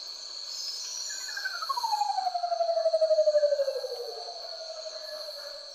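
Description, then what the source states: Curl-crested manucode call: a long, eerie, pulsing tone gliding slowly downward over about three seconds, with a steady high whine running throughout. Call likened to a UFO landing, ghostly; probably serves mate selection; made with a specially modified trachea running the body's length, which females lack.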